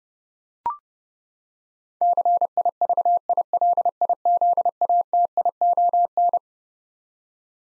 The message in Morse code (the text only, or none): CIVILIZATION